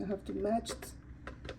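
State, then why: Seated. A plastic filter is turned in its seat in the base of a LEVOIT top-fill humidifier (2.5 L tank) until it twist-locks. Someone talks at the start, then a short click at 1.3 s marks the filter locking into place, followed by a softer tick at 1.5 s. The filter is seated.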